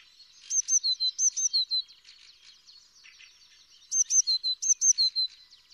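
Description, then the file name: Eurasian blue tit singing two short bursts of high, clipped notes alternating with lower ones, separated by about two seconds of faint twittering. "Cyanistes caeruleus"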